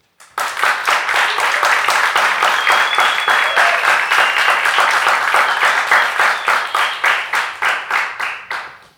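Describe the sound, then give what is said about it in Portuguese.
A crowd breaks into loud, sustained applause welcoming Fausto Fawcett onto the stage, many hands clapping together in a dense, steady wash that thins toward the end into separate, rhythmic claps as it fades out. “E queria que vocês recebessem com uma salva de palmas, Fausto Fawcett.”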